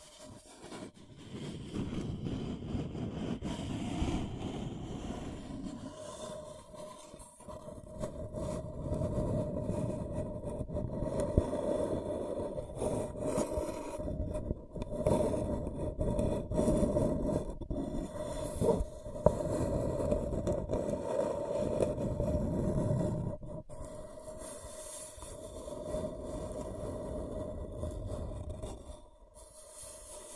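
Scratching and tracing sounds make a dense, rough, continuous scraping that stays mostly low and throaty, with a steady faint tone humming underneath throughout. The strokes run loud from the first second to about 23 seconds, then become softer and thinner toward the end.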